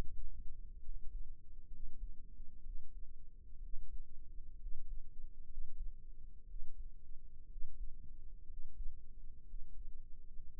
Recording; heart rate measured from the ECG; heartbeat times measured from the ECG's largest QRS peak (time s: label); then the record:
heart sounds by microphone in the right ear; 62 bpm
0.80 s: heartbeat
1.68 s: heartbeat
2.62 s: heartbeat
3.59 s: heartbeat
4.57 s: heartbeat
5.46 s: heartbeat
6.45 s: heartbeat
7.47 s: heartbeat
8.45 s: heartbeat
9.44 s: heartbeat
10.55 s: heartbeat
From the record:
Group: healthy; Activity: rest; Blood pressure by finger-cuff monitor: 107/65 mmHg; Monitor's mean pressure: 79 mmHg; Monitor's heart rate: 61 bpm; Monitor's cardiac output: 5.9 L/min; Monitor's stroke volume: 93 mL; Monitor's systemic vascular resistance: 970 dyn s/cm5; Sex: male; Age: 22 years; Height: 181 cm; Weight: 79 kg